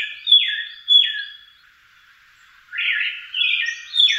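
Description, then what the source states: Eyebrowed thrush singing: two falling whistled notes, a pause of over a second, then a quicker cluster of slurred, slightly burry notes. In a garden in Tokyo, Japan.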